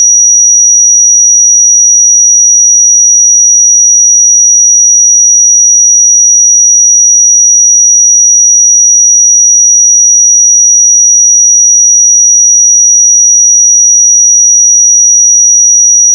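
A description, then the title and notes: A pure sine tone at 5795 Hz holds perfectly steady for the full sixteen seconds, a single thin, high, piercing whistle with no wavering in pitch or loudness. Nothing else is heard behind it, only silence. 5795 Hz 1 Hz Interval Sine Pure Tone Frequency 441000 Sample Mono.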